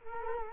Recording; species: mosquito wingbeat signal from an infrared sensor; Culex quinquefasciatus